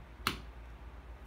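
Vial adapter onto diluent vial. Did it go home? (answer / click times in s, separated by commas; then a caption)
yes / 0.3 s. A plastic needle-free vial adapter is pressed down onto a water (diluent) vial for mixing Menopur fertility medication. A single sharp snap sounds at 0.3 s, standing out from a quiet background, as the adapter clicks into place on the vial.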